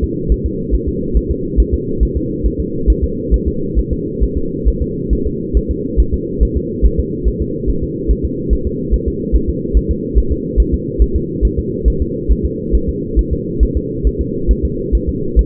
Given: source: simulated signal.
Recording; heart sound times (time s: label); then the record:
fetal heart sounds
0.04 s: S2
0.32 s: S1
0.46 s: S2
0.75 s: S1
0.89 s: S2
1.17 s: S1
1.31 s: S2
1.60 s: S1
1.74 s: S2
2.03 s: S1
2.17 s: S2
2.46 s: S1
2.60 s: S2
2.90 s: S1
3.04 s: S2
3.34 s: S1
3.48 s: S2
3.79 s: S1
3.93 s: S2
4.24 s: S1
4.38 s: S2
4.68 s: S1
4.82 s: S2
5.13 s: S1
5.27 s: S2
5.57 s: S1
5.71 s: S2
6.00 s: S1
6.14 s: S2
6.43 s: S1
6.57 s: S2
6.86 s: S1
7.00 s: S2
7.28 s: S1
7.42 s: S2
7.70 s: S1
7.84 s: S2
8.11 s: S1
8.25 s: S2
8.53 s: S1
8.67 s: S2
8.94 s: S1
9.08 s: S2
9.36 s: S1
9.50 s: S2
9.77 s: S1
9.91 s: S2
10.18 s: S1
10.32 s: S2
10.60 s: S1
10.74 s: S2
11.02 s: S1
11.16 s: S2
11.45 s: S1
11.59 s: S2
11.88 s: S1
12.02 s: S2
12.32 s: S1
12.46 s: S2
12.75 s: S1
12.89 s: S2
13.19 s: S1
13.33 s: S2
13.63 s: S1
13.77 s: S2
14.07 s: S1
14.21 s: S2
14.51 s: S1
14.65 s: S2
14.95 s: S1
15.09 s: S2
15.39 s: S1
From the record:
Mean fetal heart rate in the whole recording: 140 bpm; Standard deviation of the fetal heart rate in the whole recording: 2 bpm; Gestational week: 34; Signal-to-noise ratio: -6.6 dB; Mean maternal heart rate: 72 bpm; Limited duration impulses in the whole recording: present